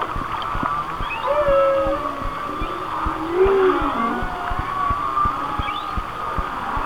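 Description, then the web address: Whale song with a few sliding moans and short high whistles, one arching call near the middle, and steady clicking underneath. "Natures Songs Whale Songs Whale Songs- Mike Mc Donald"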